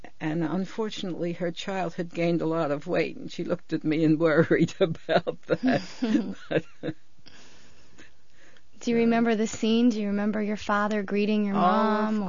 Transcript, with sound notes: And unfortunately her child had gained a lot of weight, and she looked at me and worried about that. ( she laughs )
Do you remember the scene? Do you remember your father greeting your mom, or...